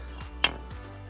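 A satellite dish mast adapter is tried onto the top of a homemade black iron pipe tower, giving a single sharp metallic clink at 0.5 s over a low steady hum. The adapter fits and is seated on the tower pipe.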